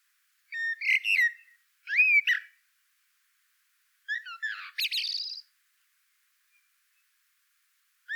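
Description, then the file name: Common blackbird singing two short mellow whistled phrases, then a third that ends in a scratchy, buzzy high twitter, all against a quiet background. "Turdus merula"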